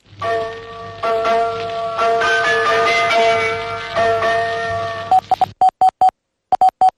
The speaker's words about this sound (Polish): W setną rocznicę tego wydarzenia z inicjatywy Muzeum Józefa Piłsudskiego w nocy z niedzieli na poniedziałek na wszystkich antenach Polskiego Radia została nadana ta depesza wraz z przedwojennym sygnałem dźwiękowym radia.